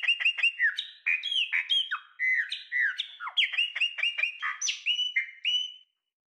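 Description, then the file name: Chopi blackbird singing a fast, dense jumble of loud whistles, slurred notes and clipped chips, tumbling along continuously before stopping abruptly. "Passaro preto"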